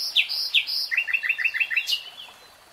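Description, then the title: Nightingale song: high whistled notes, then a fast run of repeated rising chirps, ending in a sharp downslurred note. Singing; three-hour real-time recording. "[Tiếng chim hót] 3 Hours REALTIME Nightingale Singing"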